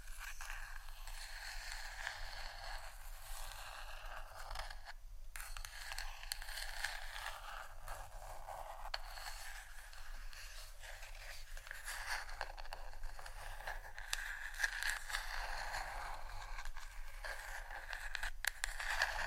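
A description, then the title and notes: Steady brushing and combing through hair, a dense scratchy rustle with quick repeated strokes, brief pauses near five and eighteen seconds. ASMR Hair Brush & Comb Sounds （No Talking）.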